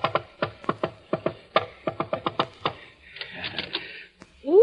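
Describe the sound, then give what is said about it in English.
Rapid, sharp knocking on a door on Valentine's Day, about a dozen crisp raps in quick uneven bursts, then a softer shuffling clatter and a short rising squeak at the end. “Hi, you can quit knocking now. You're inside.”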